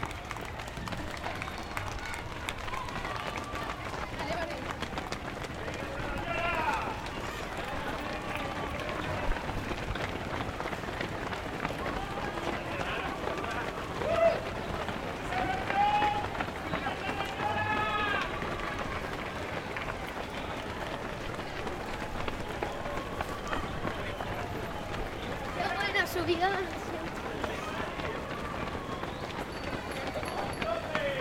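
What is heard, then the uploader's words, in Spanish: People play a game of skittles in a village square, with lively overlapping voices throughout, often rising in shouts and calls. The chatter stays dense and steady for the whole stretch, with a few sharper bursts near the middle and again toward the end. Tiran bolos en las plazas de los pueblos.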